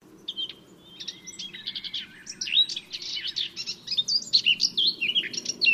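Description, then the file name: Eurasian blackcap song: soft chattering notes build into a louder, quick warble with clear whistled notes rising and falling toward the end. "Sylvia atricapilla"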